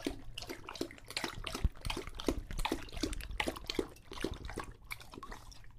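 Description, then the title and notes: English Bulldog slurping water in a steady series of wet laps. English Bulldog named Lucho drinking water from a bowl after a long walk, breathing heavily and out of breath between drinks. "English Bulldog Drinks from Water Bowl - Weird Sounds. listen to Lucho the English Bulldog as he tries to drink water after a long walk. Don't let his heavy breathing fool you in between drinks, he's equally out of breath from the walk"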